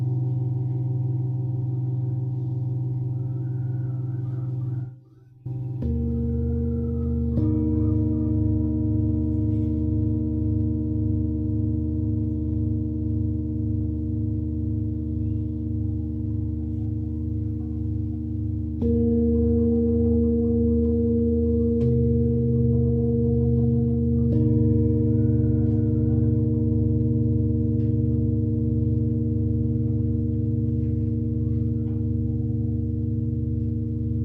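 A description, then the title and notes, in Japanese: Singing bowls hum in long, steady low tones that overlap into a dense, droning wash. The sound drops out briefly around five seconds, then new bowl tones enter and shift pitch near 8, 19, 22 and 25 seconds, with a faint bright shimmer above. 朝焼けのメキシコから シンギングボウルのサウンドヒーリングライブ。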